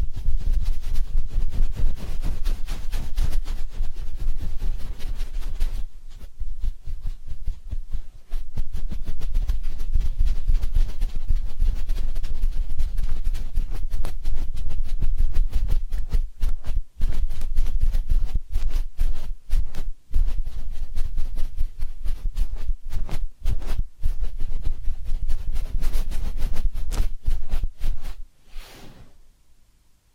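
Massage and ear cleaning, heard as continuous rubbing and scratching with a heavy low rumble underneath. Quick crackling strokes run densely and fairly evenly, with brief gaps around 17 and 20 seconds, before the sound drops away and nearly stops after 28 seconds.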